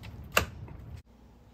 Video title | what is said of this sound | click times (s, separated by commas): Ape Ryder Bonobo E-Bike Review | the battery in place push it forward until it clicks | 0.4 s